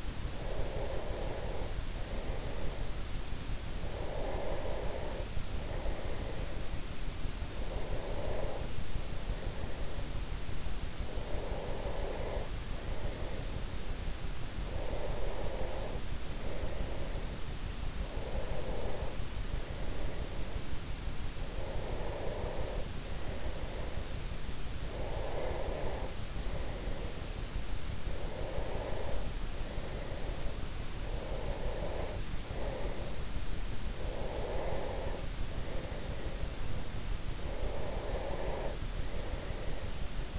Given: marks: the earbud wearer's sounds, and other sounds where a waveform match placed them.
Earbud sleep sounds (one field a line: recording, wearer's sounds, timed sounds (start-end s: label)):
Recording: sounds in sleep by an in-ear microphone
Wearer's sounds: breath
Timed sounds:
0.27-3.18 s: breath
3.70-14.05 s: breath
14.73-33.77 s: breath
34.00-36.97 s: breath
37.77-40.39 s: breath